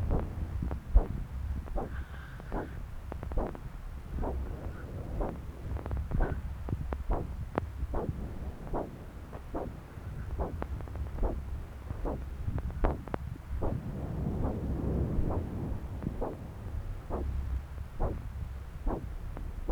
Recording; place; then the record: Doppler ultrasound of blood flow; left subclavian vein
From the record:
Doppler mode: continuous wave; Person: adult scuba diver, at rest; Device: O'Dive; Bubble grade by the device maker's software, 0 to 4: 0